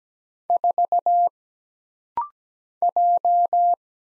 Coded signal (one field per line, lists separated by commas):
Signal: Morse code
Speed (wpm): 17 wpm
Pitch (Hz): 700 Hz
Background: none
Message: 4 J